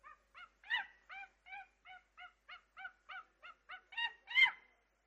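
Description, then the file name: Monkey giving a steady series of short, nasal harmonic barks, about three per second, the last few louder and harsher. "صوت-القرد"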